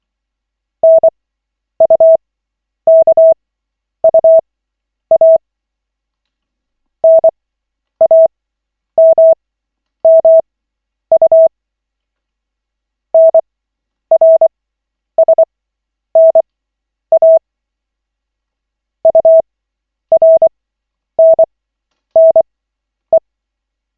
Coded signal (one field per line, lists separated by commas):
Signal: Morse code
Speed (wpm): 24 wpm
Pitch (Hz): 650 Hz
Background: none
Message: NUKUA NAMMU NRSNA URNNE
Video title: Koch 7/40, 03.01.2025, 1st CW practice session